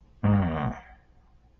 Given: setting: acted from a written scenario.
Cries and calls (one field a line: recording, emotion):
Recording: vocal sound without words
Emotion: contempt